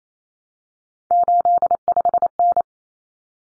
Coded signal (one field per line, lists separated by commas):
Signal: Morse code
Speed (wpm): 28 wpm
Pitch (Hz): 700 Hz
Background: none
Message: 85N